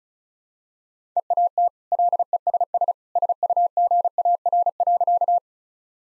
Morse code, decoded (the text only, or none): EAT LESS SUGAR.